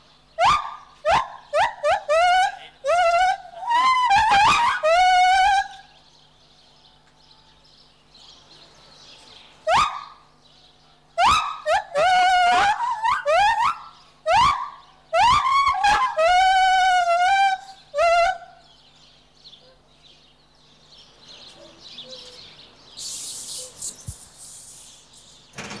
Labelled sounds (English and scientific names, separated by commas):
Lar Gibbon (Hylobates lar)